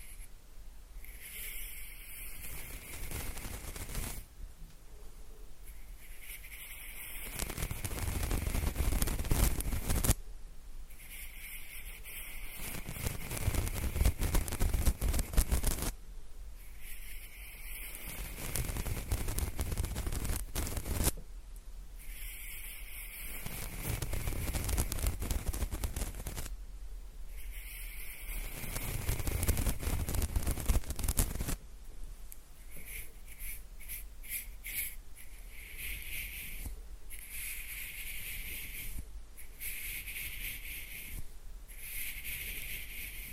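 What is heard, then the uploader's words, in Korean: Mouth sounds and handling of a pin microphone: repeated bursts of rubbing and scraping, broken by short pauses every few seconds, with deep thumps and rumbles swelling around 9–15 and 25–30 seconds. After about 32 seconds, quicker bright clicks and taps take over. 입소리폭탄 핀마이크 괴롭히기.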